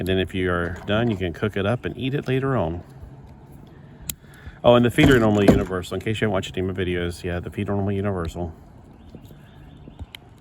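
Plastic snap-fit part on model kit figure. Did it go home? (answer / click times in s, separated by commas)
partly / 10.2 s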